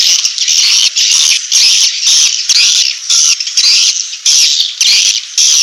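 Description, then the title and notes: Swiftlet chirps: loud high bursts of chatter with short gaps between. Swiftlet farming lure sound, Asia. "Swiflet Bird Sound. Farming Swiflet Bird asia sound"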